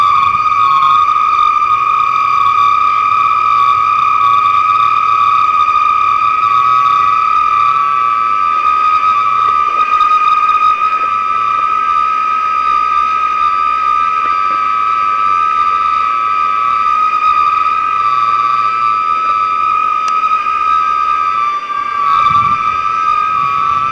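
A railroad switch gas-jet flute holds one steady, bright whistling tone with higher overtones, over a low wavering rumble and faint ticks throughout.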